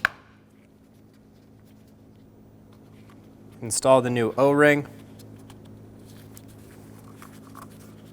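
A new cartridge oil filter element for a 2012-2020 Chevrolet Sonic engine is pushed down into its plastic filter housing cap and gives a sharp, loud click at 0.1 s as it seats. A low steady hum follows, someone talks briefly in the middle, and a few faint taps come near the end.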